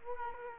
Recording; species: mosquito wingbeat signal from an infrared sensor; Culex quinquefasciatus